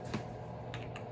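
A plastic trim cover on the windshield wiper or cowl area of a 2007–2014 Ford Expedition is pressed back on by hand after the wiper transmission is reinstalled. Three short, light plastic taps sound at about 0.1, 0.7 and 1.0 seconds over a steady low background hum. Nothing has seated or clicked into place yet.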